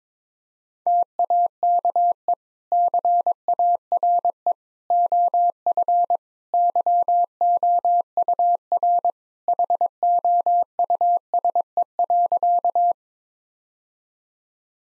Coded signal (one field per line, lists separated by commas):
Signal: Morse code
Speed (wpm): 21 wpm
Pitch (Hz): 700 Hz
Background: none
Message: TAKE CARE OF YOUR HOUSE.